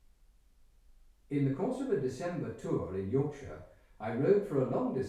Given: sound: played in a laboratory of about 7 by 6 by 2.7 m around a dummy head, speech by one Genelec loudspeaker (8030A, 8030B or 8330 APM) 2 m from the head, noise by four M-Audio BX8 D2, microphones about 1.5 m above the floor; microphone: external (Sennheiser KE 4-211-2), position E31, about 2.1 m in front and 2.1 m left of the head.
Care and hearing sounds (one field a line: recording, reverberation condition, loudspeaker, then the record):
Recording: male speech in English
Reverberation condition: medium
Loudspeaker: in front (0 degrees)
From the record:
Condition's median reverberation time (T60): about 510 ms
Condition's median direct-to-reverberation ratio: about -0.5 dB